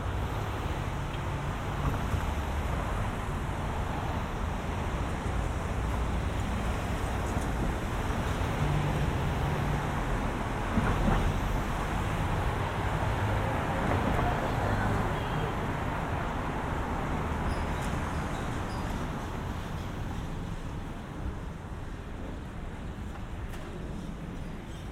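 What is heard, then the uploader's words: A walk through suburban streets in lower Westchester, with a steady, dense wash of road traffic filling the whole stretch. The rumble stays low and even, rising slightly around the middle, with faint voices and small bumps surfacing now and then. Walking home from the mall. A binaural recording of a walk from Cross County Mall to our house in Mount Vernon. An hour long walk through lower Westchester County, in the suburbs of New York City.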